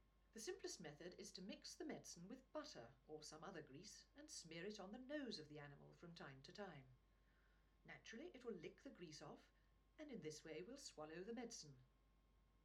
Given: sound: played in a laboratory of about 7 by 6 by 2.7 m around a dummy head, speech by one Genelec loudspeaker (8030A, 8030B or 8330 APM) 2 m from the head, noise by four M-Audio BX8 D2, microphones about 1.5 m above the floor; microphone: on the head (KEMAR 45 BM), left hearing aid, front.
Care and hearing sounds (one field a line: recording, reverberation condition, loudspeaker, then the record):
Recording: female speech in English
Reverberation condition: low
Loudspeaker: 60 degrees to the left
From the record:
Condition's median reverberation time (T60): about 310 ms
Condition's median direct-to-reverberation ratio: about 3.5 dB